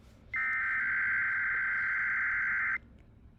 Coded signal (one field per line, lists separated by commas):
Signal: Emergency Alert System (SAME) tones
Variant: header bursts